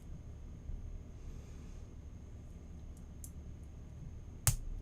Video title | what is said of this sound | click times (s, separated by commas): Build night catch up! | well, maybe. There we go. Nice satisfying snap. Always in for that. | 4.5 s